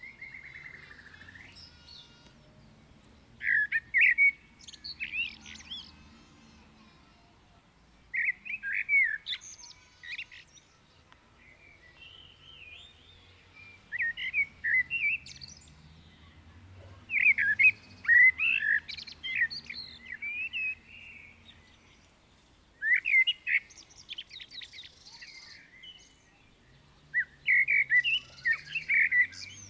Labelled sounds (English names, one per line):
Common Blackbird song